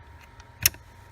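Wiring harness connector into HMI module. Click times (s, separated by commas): 0.7 s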